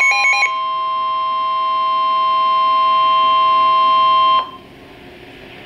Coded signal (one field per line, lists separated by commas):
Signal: Emergency Alert System (SAME) tones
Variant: 1050 Hz attention tone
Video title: Severe T-Storm Warning [EAS #60] 7-4-12